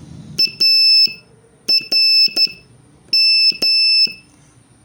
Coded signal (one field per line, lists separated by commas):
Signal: Morse code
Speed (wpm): 12 wpm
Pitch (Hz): 2650 Hz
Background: none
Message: ARM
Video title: Morse Code Practice Session 7